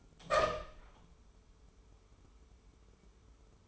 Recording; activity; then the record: daily activity, microphone in the room; open door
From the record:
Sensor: 1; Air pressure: 1015.2 hPa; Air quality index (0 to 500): 161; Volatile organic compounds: 10 ppm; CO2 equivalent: 2234 ppm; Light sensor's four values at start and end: 14/32/13/15 and 14/33/14/15